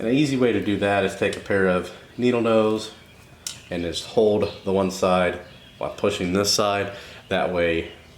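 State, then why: Not seated. Someone talks while holding one half of a plastic throttle-housing wiring barrel connector with needle-nose pliers and pushing the other half toward its mating connector on a Yamaha PW50 dirt bike harness. Only handling is heard over the talking, with no sharp clicks. The connector has not snapped or seated yet.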